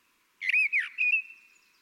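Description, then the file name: Common blackbird singing a brief mellow warbled phrase, a few looping whistled notes that trail into a soft thin ending; no other sounds. "Turdus merula"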